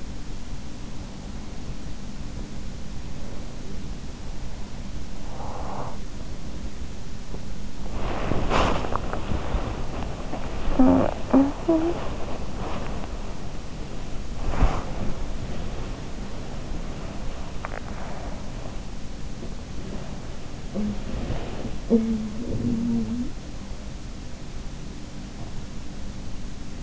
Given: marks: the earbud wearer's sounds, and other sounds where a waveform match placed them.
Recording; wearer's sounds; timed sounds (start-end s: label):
sounds in sleep by an in-ear microphone; breath, body movement, teeth grinding, talking in sleep
0.00-1.60 s: breath
2.12-6.15 s: sound from someone else or the room
3.09-6.15 s: breath
6.42-8.27 s: breath
7.61-26.83 s: body movement
7.71-9.66 s: sound from someone else or the room
9.50-12.66 s: teeth grinding
10.73-13.15 s: sound from someone else or the room
10.73-12.01 s: talking in sleep
14.19-15.21 s: sound from someone else or the room
16.90-18.68 s: sound from someone else or the room
19.15-20.28 s: sound from someone else or the room
20.56-21.02 s: talking in sleep
20.75-23.36 s: sound from someone else or the room
21.37-22.91 s: teeth grinding
21.72-23.63 s: talking in sleep